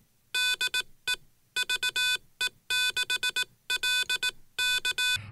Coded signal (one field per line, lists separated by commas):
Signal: Morse code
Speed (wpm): 18 wpm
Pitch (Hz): 3500 Hz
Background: none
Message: DE VE6LK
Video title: POTA 13WPM CW QRS practise at Okotoks Erratic